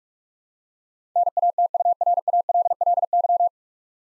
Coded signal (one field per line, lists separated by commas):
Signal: Morse code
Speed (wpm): 46 wpm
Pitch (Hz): 700 Hz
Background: none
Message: NATURALLY